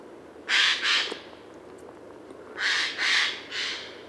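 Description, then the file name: Eurasian jay uttering rough, hoarse screeches: two at first, a pause, then three more in quick succession. "Garrulus glandarius"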